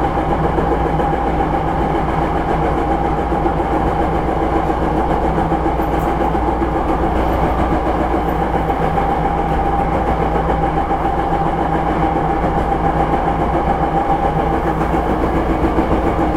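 Inside a moving electric express train, a steady running sound fills the car: a low rumble of wheels on rail with a constant mid-pitched motor tone holding throughout. Loudness stays even across the sixteen seconds, with faint rattles and clicks scattered through.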